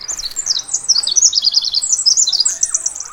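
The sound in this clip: Wren song: a fast, high-pitched stream of tinkling trills and warbled notes, running almost without a break throughout.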